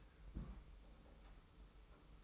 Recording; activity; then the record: daily activity, microphone in the room; place on stove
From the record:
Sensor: 1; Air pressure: 991.1 hPa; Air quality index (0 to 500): 91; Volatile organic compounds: 33 ppm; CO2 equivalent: 3012 ppm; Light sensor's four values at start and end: 36/117/46/47 and 36/117/46/47